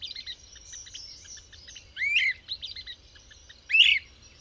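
Bird singing two loud, rising whistled phrases a couple of seconds apart, with scattered soft chips and twitters around them.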